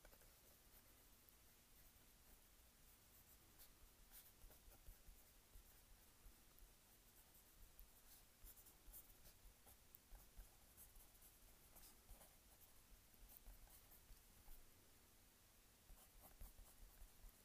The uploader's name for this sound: Writing in journal